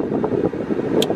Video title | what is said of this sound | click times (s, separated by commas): I Couldn't Make It Work | flip open, flip closed. Locks in place. Nice. | 1.0 s